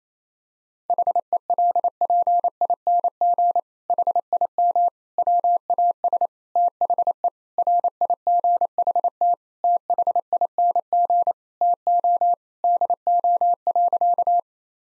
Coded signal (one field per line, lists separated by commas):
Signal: Morse code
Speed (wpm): 28 wpm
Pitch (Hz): 700 Hz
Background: none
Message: HELPING HIM WAS THE RIGHT THING TO DO.